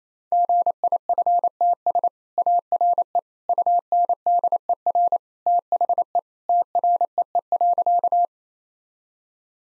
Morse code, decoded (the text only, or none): GIFTS ARE UNDER THE TREE.